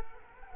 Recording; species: mosquito wingbeat signal from an infrared sensor; Culex quinquefasciatus